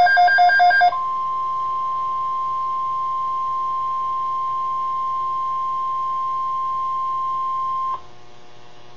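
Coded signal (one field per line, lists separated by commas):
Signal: Emergency Alert System (SAME) tones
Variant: 1050 Hz attention tone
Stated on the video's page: Severe Thunderstorm Watch SAME alert from NOAA Weather Radio station KEC60 Milwaukee, Wisconsin.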